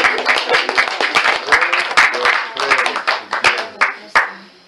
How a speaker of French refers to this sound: Et ça a applaudi justement.